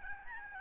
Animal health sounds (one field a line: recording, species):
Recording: mosquito wingbeat signal from an infrared sensor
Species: Aedes albopictus